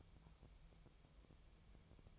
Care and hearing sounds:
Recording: daily activity, microphone in the room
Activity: take from stove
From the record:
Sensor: 1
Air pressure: 999.3 hPa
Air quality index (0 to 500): 201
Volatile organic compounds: 42 ppm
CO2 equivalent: 3184 ppm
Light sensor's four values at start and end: 9/22/8/9 and 9/22/8/9

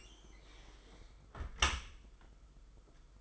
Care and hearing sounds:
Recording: daily activity, microphone in the room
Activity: close dishwasher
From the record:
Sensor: 5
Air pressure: 991.5 hPa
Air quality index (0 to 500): 113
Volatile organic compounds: 31 ppm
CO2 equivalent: 2988 ppm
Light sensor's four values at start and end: 39/124/47/50 and 39/123/47/50

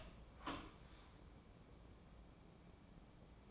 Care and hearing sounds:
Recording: daily activity, microphone in the room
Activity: open door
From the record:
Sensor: 1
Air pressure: 1012.4 hPa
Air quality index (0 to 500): 161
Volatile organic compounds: 3 ppm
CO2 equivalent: 1321 ppm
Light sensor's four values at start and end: 904/1896/910/1018 and 906/1897/911/1019

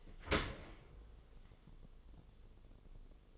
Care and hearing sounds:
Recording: daily activity, microphone in the room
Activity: open dishwasher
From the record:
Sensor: 4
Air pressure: 1015.8 hPa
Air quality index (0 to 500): 99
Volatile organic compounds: 2 ppm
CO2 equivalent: 1111 ppm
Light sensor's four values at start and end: 9/19/7/7 and 8/18/7/7

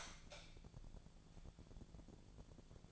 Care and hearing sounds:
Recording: daily activity, microphone in the room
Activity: light off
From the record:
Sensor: 5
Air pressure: 1000.2 hPa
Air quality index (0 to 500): 98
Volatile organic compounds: 1 ppm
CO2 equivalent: 796 ppm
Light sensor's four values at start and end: 256/611/262/291 and 255/605/259/288

